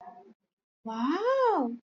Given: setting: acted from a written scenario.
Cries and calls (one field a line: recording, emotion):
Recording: vocal sound without words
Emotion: interest